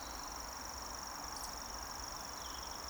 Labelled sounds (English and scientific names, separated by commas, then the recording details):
Eurasian Woodcock (Scolopax rusticola) whistle
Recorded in Baden-Württemberg, Germany, on 20 June 2020 at 19:41 UTC
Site 46046, 702 m above sea level